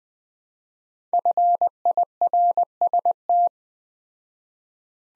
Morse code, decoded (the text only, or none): FIRST